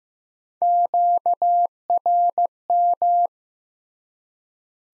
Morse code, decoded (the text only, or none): QRM